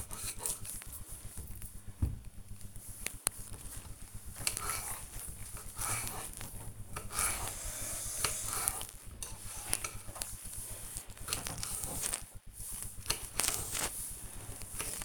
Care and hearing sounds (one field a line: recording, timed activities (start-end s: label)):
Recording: household activities, microphone on the right wrist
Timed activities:
0.00-15.04 s: cutting vegetables